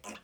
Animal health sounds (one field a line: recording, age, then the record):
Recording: pig call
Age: piglet (1 to 25 days)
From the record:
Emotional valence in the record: negative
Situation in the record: restrain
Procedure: back test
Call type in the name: low-frequency call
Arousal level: medium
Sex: male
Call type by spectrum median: low-frequency call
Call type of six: low-frequency stable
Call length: 0.24 s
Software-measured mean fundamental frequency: 98 Hz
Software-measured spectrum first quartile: 643 Hz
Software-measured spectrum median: 2011 Hz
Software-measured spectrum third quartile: 4747 Hz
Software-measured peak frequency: 1012 Hz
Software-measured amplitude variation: 180 dB a second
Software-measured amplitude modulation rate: 12.5 a second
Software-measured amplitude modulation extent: 14.4 dB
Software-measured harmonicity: 0.3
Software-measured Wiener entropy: -1.71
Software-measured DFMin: 662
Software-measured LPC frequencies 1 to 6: 863, 2596, 5945, 7204, 8156, 10029 Hz